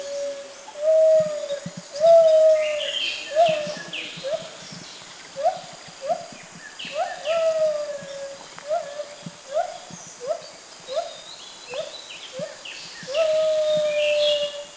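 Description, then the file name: White-handed gibbon hooting series: bouncy rising whoops in an irregular run, with longer drawn-out notes near the start and end and higher calls overlapping. Southern Thailand. "White-handed Gibbon"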